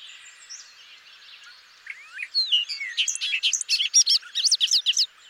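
Bobolink song bursts in after faint background twittering, turning into a fast, bubbly cascade of bright, jangling notes.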